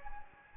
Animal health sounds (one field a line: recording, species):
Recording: mosquito wingbeat signal from an infrared sensor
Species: Anopheles gambiae